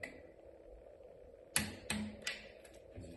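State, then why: Torque reached. A torque wrench set to 40 Nm tightens the axle nut on the Enviolo hub-gear rear wheel of an ICE trike. A sharp release click sounds at 1.6 s, followed by further ticks at about 1.9 s and 2.3 s. The wrench has clicked at its setting, and the nut is very tight.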